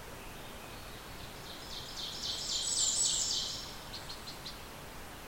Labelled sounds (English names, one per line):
Ovenbird song